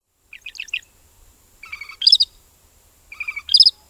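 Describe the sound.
Northern shrike giving harsh, buzzy chattering calls: a quick series of four notes, then two longer rasping bursts with sharp upper notes about every one and a half seconds.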